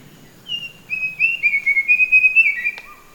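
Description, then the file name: Verditer flycatcher song: a single fast, fluttering, warbled phrase of about two seconds, closing with a short lower whistle. "sikatan biru muda"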